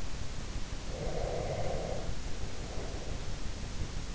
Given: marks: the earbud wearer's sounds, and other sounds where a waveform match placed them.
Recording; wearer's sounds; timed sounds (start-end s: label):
sounds in sleep by an in-ear microphone; breath
0.86-3.28 s: breath